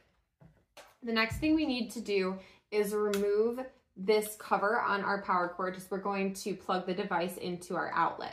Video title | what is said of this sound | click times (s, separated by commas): Setting Up the HomeAware-II Device | and Slide the door back on until you hear a click | 0.8 s